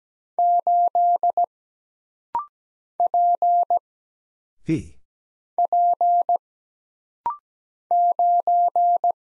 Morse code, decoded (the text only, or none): 8 P P 9